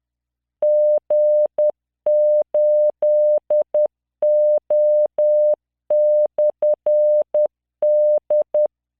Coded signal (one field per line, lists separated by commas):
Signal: Morse code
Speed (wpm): 10 wpm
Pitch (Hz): 600 Hz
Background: none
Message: G8O/D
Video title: tamanのモールス練習動画82（モールス信号 速度10WPM morse code)